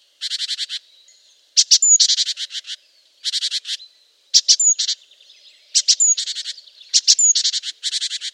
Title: G3latik b4t0. Great Tit (Parus major)